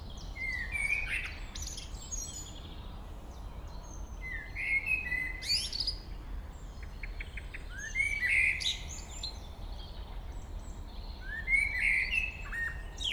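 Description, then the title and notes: Common blackbird song: several fluty, mellow warbled phrases, each ending in a high squeaky twitter, spaced a few seconds apart over a steady low rumble. Local blackbird singing along Chemin des cris, Chindrieux, France. "Chemin des cris, 73310 Chindrieux, France - Merle. Un beau chant de merle local"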